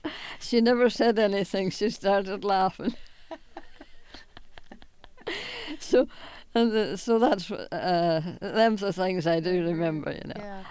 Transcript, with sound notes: She never said anything. She started laughing. ( they laugh ) So, so that's, them's the things I do remember, you know?